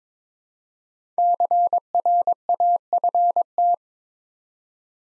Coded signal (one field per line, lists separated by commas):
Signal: Morse code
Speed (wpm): 23 wpm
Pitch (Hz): 700 Hz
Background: none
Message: CRAFT